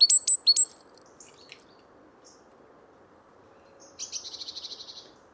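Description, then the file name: Great tit calls: a few sharp, high notes at the start, a pause, then a rapid buzzy churring rattle. "Parus major"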